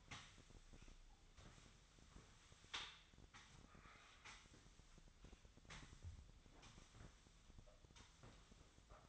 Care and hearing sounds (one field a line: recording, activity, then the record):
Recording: daily activity, microphone in the room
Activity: sweep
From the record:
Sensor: 3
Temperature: 24.4 degrees Celsius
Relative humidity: 34.2%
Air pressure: 1004.7 hPa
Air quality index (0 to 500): 87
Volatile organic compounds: 3 ppm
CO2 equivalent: 1326 ppm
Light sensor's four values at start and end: 7/17/7/6 and 7/17/7/6